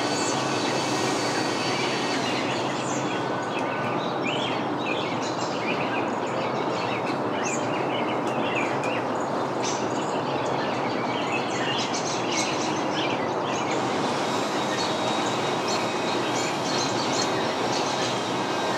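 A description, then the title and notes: A leaf blower drones steadily through the whole recording, a dense, even roar filling the low and middle range. Over it, backyard birds chirp and whistle in short bright bursts, scattered throughout and busiest around the middle and final seconds. A Symphony of Backyard Birds and Blowing Leaves. Unseasonal backyard birds pair their song with a seasonal leaf blower in an autumnal suburban backyard in Michigan.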